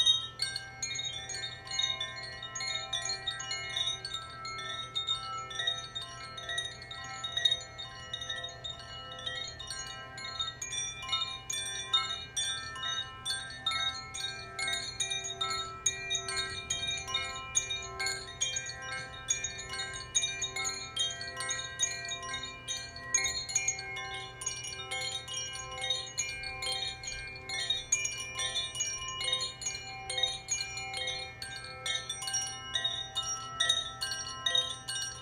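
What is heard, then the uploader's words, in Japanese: Chimes ring continuously for the whole stretch, a dense shimmer of overlapping metallic tones that keep sounding and fading without pause. Quick bright strikes tumble over one another at an even, busy pace, with a faint low hum underneath. コシチャイム #ザフィアチャイム #土のエレメント #倍音ヒーリング。土のエネルギーを音にしたチャイムを奏でました。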